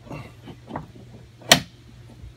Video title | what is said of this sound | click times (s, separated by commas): Installing new hatch lift supports - Ready to Rage - Camaro/Firebird | snaps into place anyone | 1.5 s